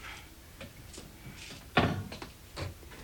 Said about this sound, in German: Holt aus seinem Versteck eine angebrochene Flasche Wodka. Gießt ein Glas voll. Stellt die Flasche wieder an ihren Platz.